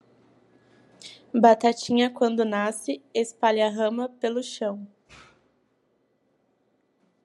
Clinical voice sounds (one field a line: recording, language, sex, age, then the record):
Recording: short text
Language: Brazilian Portuguese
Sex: female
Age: 20 to 29 years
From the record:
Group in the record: control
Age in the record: 23 years